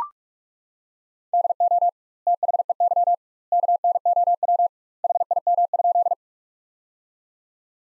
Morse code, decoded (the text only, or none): DO THEY KNOW HIM?